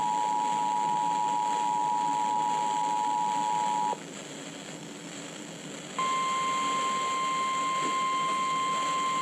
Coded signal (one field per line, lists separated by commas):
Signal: Emergency Alert System (SAME) tones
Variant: 853 and 960 Hz attention tone